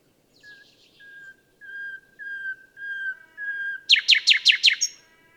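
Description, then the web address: Common nightingale song: a sequence of pure whistled notes that grow steadily louder, then a loud, rapid burst of repeated notes; faint background noise throughout. "SETE Luscinia megarhynchos"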